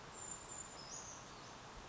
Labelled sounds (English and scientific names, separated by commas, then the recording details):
Brown Creeper (Certhia americana)
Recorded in Sonoma County, California